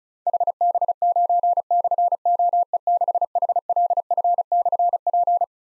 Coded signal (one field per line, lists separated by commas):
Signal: Morse code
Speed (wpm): 34 wpm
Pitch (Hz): 700 Hz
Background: none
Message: HB9/OE6HLF/P